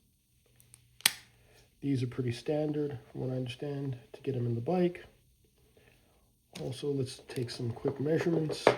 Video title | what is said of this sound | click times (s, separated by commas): MKS FD-7 Folding Platform Pedals - Purchase Link Below | Push the button, simple, locks in place. | 1.1 s